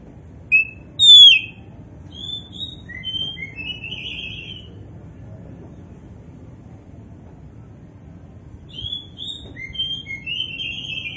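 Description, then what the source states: Oriental magpie-robin giving sparse, soft song phrases: a sharp note, a few thin whistles and a brief trill, then a long quiet gap before more whistles. Oriental magpie-robin (kacer), poci form, singing vigorously (gacor).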